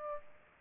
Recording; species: mosquito wingbeat signal from an infrared sensor; Aedes aegypti